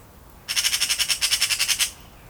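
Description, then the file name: Eurasian magpie uttering one long harsh chattering rattle of many fast, raspy notes, over soft background hiss. "Pica pica"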